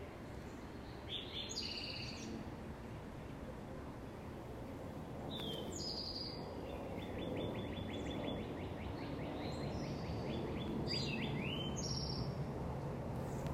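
Bird song, with bright high chirps and a rapid trill of repeated notes in the middle, heard over steady low environmental noise.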